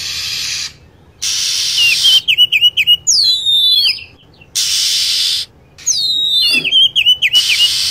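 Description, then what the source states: Lovebird calls: sharp, shrill chirps sweeping downward with bright harmonics, in quick bursts, alternating with blocks of steady high hiss. Lure recording used to attract birds.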